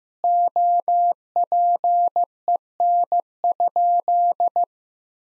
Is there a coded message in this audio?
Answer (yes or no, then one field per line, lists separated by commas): yes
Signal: Morse code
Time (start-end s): 0.2-4.6 s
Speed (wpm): 16 wpm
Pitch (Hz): 700 Hz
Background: none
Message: OPEN?